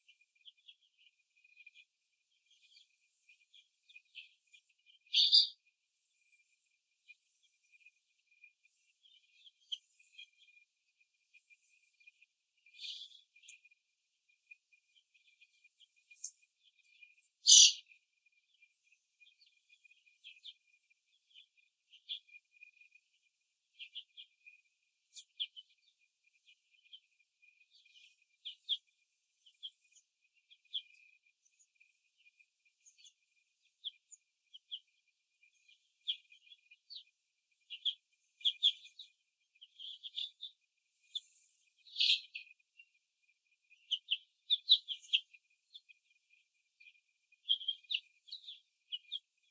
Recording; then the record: young laying hens in a cage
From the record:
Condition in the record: after the stressor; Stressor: simulated dog barking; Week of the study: 2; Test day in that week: 2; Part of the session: 3